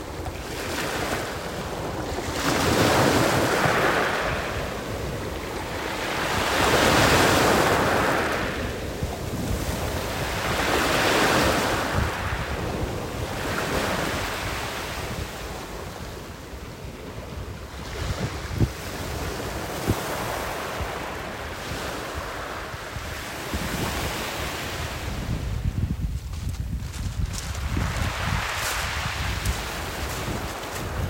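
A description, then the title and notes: Waves break and wash against a rocky shore in regular surges about every four seconds, with steady wind rumble underneath and calmer stretches later. The breaking of the waves onto the rocky shores of la plage.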